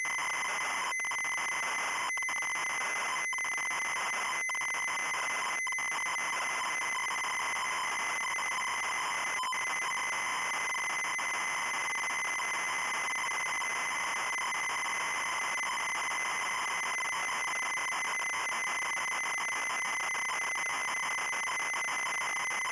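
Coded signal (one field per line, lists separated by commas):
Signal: ZX Spectrum tape loading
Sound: continuous harsh buzzing screech with a strong tonal hum, a few brief dropouts early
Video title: 🧧SONIDO de CARGA ZX SPECTRUM ✨!! Solo los VIEJUNOS lo ENTENDERAN!!✨✨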